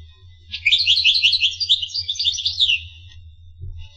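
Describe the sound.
Finch song: a sustained fast twittering phrase of bright high notes lasting about two seconds, with a low hum underneath.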